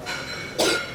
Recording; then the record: coughing mixed with background sound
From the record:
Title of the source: 61 morning phlegmy cough...again